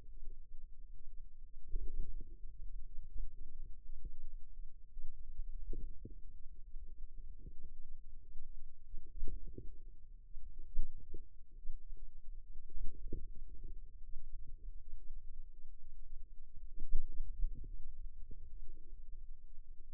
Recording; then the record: forearm muscle sounds (acoustic myography)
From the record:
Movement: inward rotation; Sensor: system 2, bracelet of six BSWA MPA416 microphones around the upper forearm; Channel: 5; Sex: female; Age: 22 years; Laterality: right